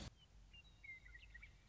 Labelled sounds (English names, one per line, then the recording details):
Western Meadowlark
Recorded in Sonoma County, California